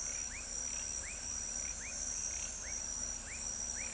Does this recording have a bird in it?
no